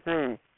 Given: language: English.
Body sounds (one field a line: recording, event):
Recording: throat vibration sensor signal played as sound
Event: speech